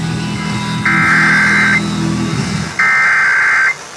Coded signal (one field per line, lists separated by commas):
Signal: Emergency Alert System (SAME) tones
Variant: header bursts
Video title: EAS: Pennsylvania Required Monthly Tests (12/17/20)(EAS #530-535)